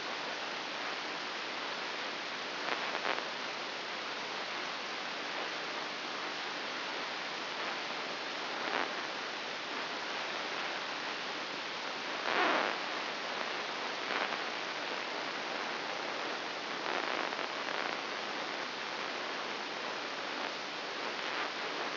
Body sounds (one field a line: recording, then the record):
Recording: brain microelectrode recording played as sound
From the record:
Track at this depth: inside the subthalamic nucleus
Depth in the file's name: 3.602 mm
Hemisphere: right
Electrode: 3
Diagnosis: Parkinson's disease